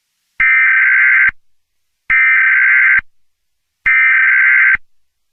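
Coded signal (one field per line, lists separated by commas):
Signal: Emergency Alert System (SAME) tones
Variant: header bursts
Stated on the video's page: Simulated Hawaiian EAS tsunami scenario, a fictional recreation.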